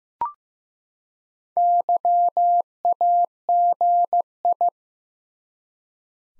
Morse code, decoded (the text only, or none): YAGI